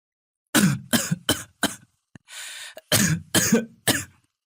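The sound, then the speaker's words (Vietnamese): A sick young man, clutching his chest, has a heavy, chesty coughing fit: four harsh coughs in quick succession, a wheezy rasping breath, then three more deep, rough coughs fading out at the end. “Nói đến đây, cậu lại ôm ngực ho sù sụ.”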